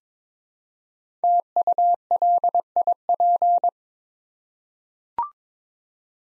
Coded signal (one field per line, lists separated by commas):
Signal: Morse code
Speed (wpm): 22 wpm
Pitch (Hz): 700 Hz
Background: none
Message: TULIP